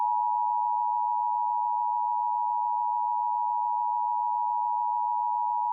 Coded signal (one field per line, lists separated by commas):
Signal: Emergency Alert System (SAME) tones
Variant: 853 and 960 Hz attention tone